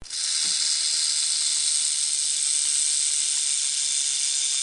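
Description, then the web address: Rattlesnake rattle, a continuous dry high-pitched buzzing hiss that swells up in the first moment and then holds steady for the rest without pause. "Bobby Cole Rattlesnake"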